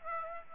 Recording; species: mosquito wingbeat signal from an infrared sensor; Aedes aegypti